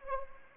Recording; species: mosquito wingbeat signal from an infrared sensor; Anopheles arabiensis